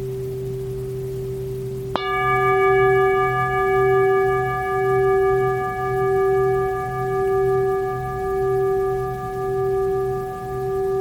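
A singing bowl hums a steady low-middle tone from the start, slowly pulsing in loudness. Around two seconds a bright metallic strike adds ringing overtones that hang and fade gradually over the rest of the clip, while the pulsing hum continues underneath.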